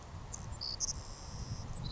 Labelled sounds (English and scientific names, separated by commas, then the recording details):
Savannah Sparrow (Passerculus sandwichensis)
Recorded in Sonoma County, California